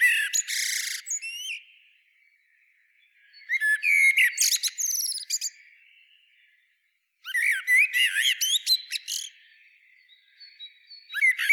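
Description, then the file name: Common blackbird singing several phrases spaced by pauses of a few seconds, each a mix of mellow whistles and thin, high twittering notes. "Turdus merula"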